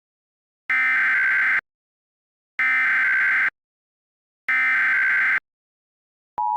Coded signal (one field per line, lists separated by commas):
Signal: Emergency Alert System (SAME) tones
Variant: header bursts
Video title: EAS Scenario PREVIEW: Furry Virus Bad Ending